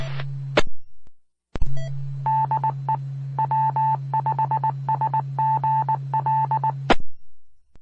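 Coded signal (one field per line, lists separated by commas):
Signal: Morse code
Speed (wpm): 19 wpm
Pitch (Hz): 880 Hz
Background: none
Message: DE W5SGL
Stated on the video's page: Morse heard from Mississippi Gulf Coast repeaters.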